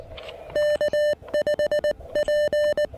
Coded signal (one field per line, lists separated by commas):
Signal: Morse code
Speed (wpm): 19 wpm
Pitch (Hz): 600 Hz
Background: music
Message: K5P